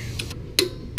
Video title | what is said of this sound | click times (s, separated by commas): HOW TO: Install Passenger Footpegs - Harley Sportster Iron 883 | until you hear it click | 0.6 s, 1.0 s